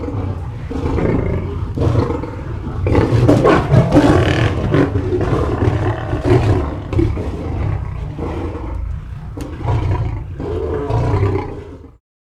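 Lion roar, a long run of deep grunting bursts that builds and then eases, ending abruptly in silence after about twelve seconds.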